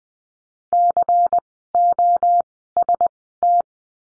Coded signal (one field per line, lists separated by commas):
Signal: Morse code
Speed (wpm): 20 wpm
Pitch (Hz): 700 Hz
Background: none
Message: COST